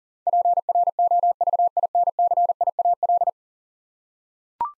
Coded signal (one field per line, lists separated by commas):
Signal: Morse code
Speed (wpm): 40 wpm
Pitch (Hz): 700 Hz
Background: none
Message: PROVINCIAL